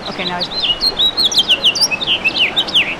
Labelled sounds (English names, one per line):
House Finch song